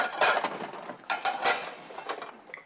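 Dishes and cutlery clink and clatter as a woman in a starched apron clears them from tables in a canteen, a series of irregular bright knocks and scrapes at moderate volume, with no voices.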